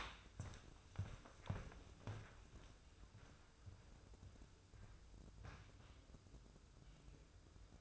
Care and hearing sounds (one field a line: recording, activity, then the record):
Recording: daily activity, microphone in the room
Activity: walk to room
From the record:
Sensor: 2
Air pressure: 995.4 hPa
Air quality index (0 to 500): 78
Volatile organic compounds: 3 ppm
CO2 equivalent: 1377 ppm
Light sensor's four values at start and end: 22/71/28/27 and 23/76/30/28